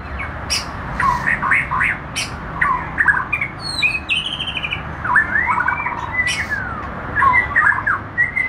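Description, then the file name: White-rumped shama song mixing clicks, looping whistled slurs and high stuttered trills, over low background noise. Penang. "suara murai penang"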